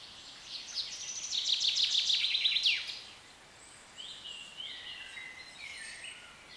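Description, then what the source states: Bird song: a fast trilled, twittering phrase for about two seconds, then softer whistled notes. British birds in a nature atmosphere.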